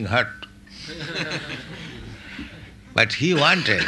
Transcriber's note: laughter